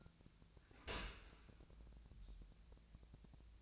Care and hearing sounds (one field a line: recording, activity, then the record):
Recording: daily activity, microphone in the room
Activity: open dishwasher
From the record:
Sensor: 2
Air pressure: 1000.4 hPa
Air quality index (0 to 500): 167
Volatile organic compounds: 3 ppm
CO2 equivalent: 1388 ppm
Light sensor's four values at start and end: 12/32/12/14 and 12/32/12/14